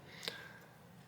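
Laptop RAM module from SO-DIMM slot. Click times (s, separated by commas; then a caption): 0.3 s. A laptop RAM module in the SO-DIMM slot of an MSI Bravo 15 is released when the slot's retention clips are pushed out to the side, and the stick pops up. A sharp click sounds at 0.3 s over a quiet background, and the stick lifts free to be pulled out.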